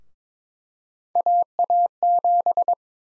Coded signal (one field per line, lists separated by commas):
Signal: Morse code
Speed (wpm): 22 wpm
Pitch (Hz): 700 Hz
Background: none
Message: AA7